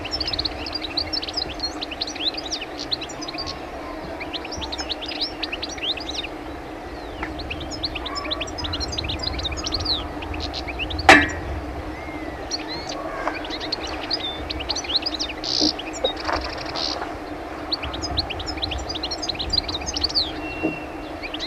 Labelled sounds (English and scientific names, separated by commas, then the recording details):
European Goldfinch (Carduelis carduelis) song
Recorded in the wild
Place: Rancho de Lila, ES
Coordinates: 36.9694, -6.35639
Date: 1971-03-21
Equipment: Uher Report 4200, AKG D190C in Doppel-Parabolreflektor
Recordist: Krey, Winfried